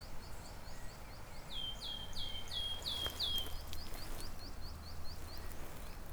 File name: Caspian Tit - Poecile hyrcanus Song